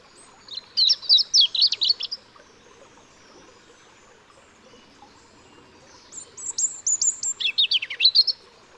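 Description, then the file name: European robin song in two bursts, each a quick tumble of sweet, high warbling notes and trills, separated by several seconds of quiet. "Erithacus rubecula"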